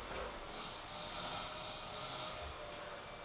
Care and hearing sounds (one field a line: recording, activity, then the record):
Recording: daily activity, microphone in the room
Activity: vacuum cleaning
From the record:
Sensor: 5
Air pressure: 1009.7 hPa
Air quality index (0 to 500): 167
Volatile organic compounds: 4 ppm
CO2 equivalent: 1619 ppm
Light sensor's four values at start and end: 110/288/118/127 and 110/288/118/126